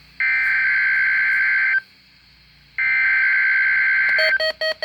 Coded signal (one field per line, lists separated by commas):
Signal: Emergency Alert System (SAME) tones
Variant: header bursts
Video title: Required Weekly Test over KHB41 (EAS Alert #14)